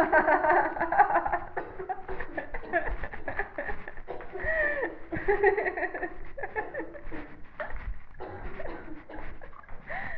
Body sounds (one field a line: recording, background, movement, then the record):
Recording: laughter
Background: a bystander coughing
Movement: walking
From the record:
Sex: female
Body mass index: 18.3 kg/m2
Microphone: on the chest, facing the body